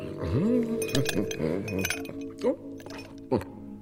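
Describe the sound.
Three small ice cubes clink into a glass of water in a few bright, sharp taps spaced across the moment, while a voice talks over and between them.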